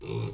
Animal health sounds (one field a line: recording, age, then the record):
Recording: pig call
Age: weaner (32 to 43 days)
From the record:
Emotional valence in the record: negative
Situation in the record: short isolation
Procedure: open field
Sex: female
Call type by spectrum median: low-frequency call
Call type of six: low-frequency stable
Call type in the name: low-frequency stable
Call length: 0.34 s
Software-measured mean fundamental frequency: 58 Hz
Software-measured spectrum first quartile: 136 Hz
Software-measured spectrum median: 364 Hz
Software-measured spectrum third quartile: 1157 Hz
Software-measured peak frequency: 398 Hz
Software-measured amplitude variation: 126 dB a second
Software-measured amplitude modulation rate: 28.1 a second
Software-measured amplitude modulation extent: 4.5 dB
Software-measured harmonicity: 4.1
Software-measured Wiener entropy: -1.81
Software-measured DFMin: 1107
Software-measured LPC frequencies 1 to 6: 354, 991, 2437, 3653, 4088, 6364 Hz